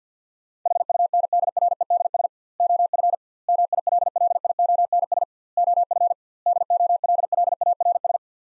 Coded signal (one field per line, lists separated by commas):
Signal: Morse code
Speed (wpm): 50 wpm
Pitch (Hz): 700 Hz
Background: none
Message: HUNDREDS OF MILLIONS OF DOLLARS